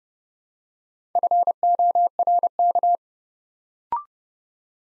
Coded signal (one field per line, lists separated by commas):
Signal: Morse code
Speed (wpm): 31 wpm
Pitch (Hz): 700 Hz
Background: none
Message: FORK